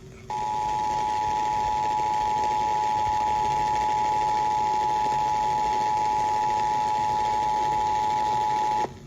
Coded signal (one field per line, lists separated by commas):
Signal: Emergency Alert System (SAME) tones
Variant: 853 and 960 Hz attention tone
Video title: (EAS #12) Relayed Twice!? Shasta County RMT 10-19-22